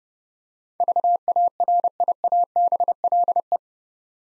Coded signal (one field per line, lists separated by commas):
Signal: Morse code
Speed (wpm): 30 wpm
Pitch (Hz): 700 Hz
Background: none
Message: VARIABLE